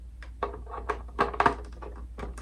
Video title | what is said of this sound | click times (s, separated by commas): Kwik E Mart Playset- World Of Springfield Simpsons Unboxing | and the top and just pops right in there | 1.4 s